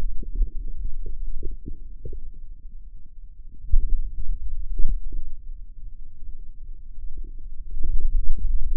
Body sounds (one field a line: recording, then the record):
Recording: forearm muscle sounds (acoustic myography)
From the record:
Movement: pen grasping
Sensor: system 2, bracelet of six BSWA MPA416 microphones around the upper forearm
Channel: 6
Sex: male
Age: 22 years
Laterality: right